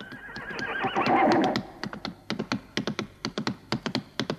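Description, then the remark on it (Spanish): A horse lets out a loud, wavering whinny, then a young rider sets off at full gallop and fast hoofbeats pound in a steady galloping rhythm of sharp, repeated clops until the end. “Y Juancito sale a todo galope sobre su caballo”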